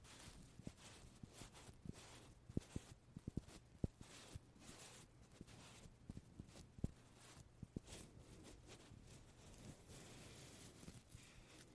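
Soft airy puffs come and go over a low steady hum, with scattered sharp clicks and knocks at irregular intervals, and no voices.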